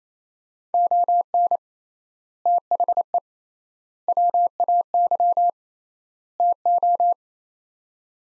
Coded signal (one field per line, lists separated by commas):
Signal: Morse code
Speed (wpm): 28 wpm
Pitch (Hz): 700 Hz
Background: none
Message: ON THE WAY TO